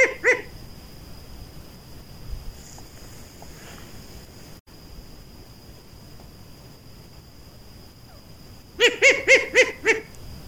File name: Short eared Owl